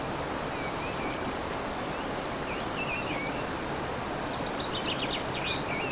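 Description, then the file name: Birds give faint high chirps and warbled notes, ending in a brighter burst of rapid twittering, all under a continuous hiss of background noise. Birdsong recorded on 15 March 2014 with an MZ-N 710 recorder. "MZ-N 710 Chants d oiseaux 15 03 14"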